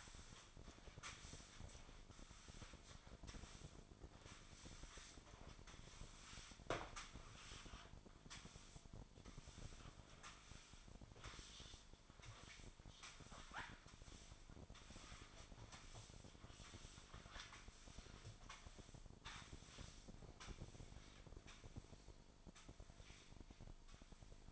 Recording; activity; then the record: daily activity, microphone in the room; sweep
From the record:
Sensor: 5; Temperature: 24.7 degrees Celsius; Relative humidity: 41.5%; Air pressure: 1003.2 hPa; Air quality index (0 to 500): 131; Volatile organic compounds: 1 ppm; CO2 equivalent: 963 ppm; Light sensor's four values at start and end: 48/115/48/55 and 45/109/46/51